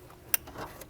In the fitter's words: which we hear a nice little click when it goes.